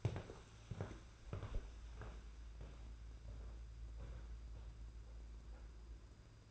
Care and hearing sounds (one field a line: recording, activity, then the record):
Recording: daily activity, microphone in the room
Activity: walk to room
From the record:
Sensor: 2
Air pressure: 991.9 hPa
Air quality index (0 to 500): 232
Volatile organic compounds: 1000 ppm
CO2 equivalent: 7776 ppm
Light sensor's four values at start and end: 15/49/19/18 and 18/58/22/21